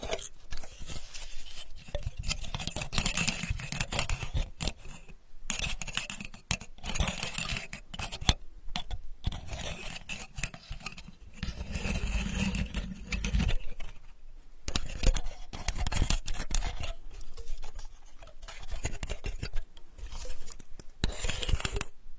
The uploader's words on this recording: Healing sandalwood tapping experience SPA.